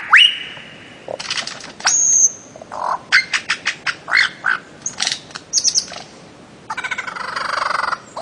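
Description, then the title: Bird-of-paradise song mixing a rising whistle, short clicks and chirps in a quick series, and harsh buzzy stretches, over low steady hiss. Master song used for training songbirds. "Kicau Master Cendrawasih"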